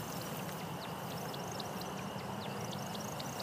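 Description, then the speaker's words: American woodcock wing twittering, a continuous run of high, thin chirping notes repeating rapidly over a broad hiss of background noise. Male's wings twitter as he spins down from great heights in courtship display flight, at dusk in a grassy clearing near the Huron River, Ann Arbor. "That twittering is the sound the woodcock's wings make as he spins down from dizzying heights."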